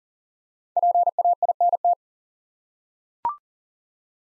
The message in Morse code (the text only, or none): PAINT